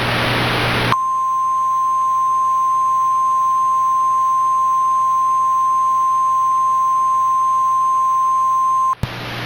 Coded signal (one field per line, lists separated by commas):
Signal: Emergency Alert System (SAME) tones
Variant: 1050 Hz attention tone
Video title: EAS Mock: Large Tornado